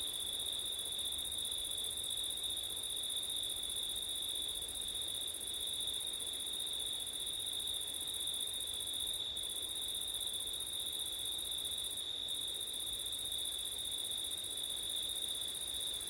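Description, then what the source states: Continuous cricket song, a high sustained trill and a higher thin band, the upper one briefly dropping out twice, over steady low rushing noise. September night, with wind; ORTF stereo microphone setup.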